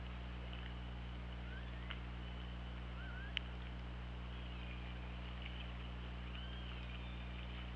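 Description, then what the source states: Orca: killer whale calls: brief upward-curving tones and a flatter tonal call late on, interrupted by a loud single click, over persistent low underwater hum. Underwater recording from an OrcaLab hydrophone, 24 August 2017, about 08:00.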